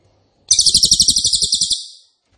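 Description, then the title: Cililin song: a single loud, high, rapid-fire trill of about one and a half seconds, fading at the end. Loud, dense rapid-fire song style ('nembak keras dan rapat'), used as a favourite training recording (masteran) for oriental magpie-robin, leafbird and white-rumped shama. "Cililin NEMBAK KERAS dan RAPAT masteran murai batu cucak ijo dan kacer"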